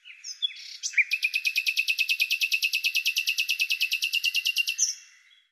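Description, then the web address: Bird trill: a few introductory notes, then a long, rapid, even string of many high repeated notes lasting roughly four seconds. "Deverinetal 2025"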